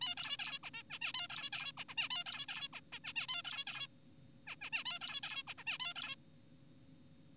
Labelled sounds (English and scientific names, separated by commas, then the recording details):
Zebra Finch (Taeniopygia guttata)
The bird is an adult
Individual g4p5U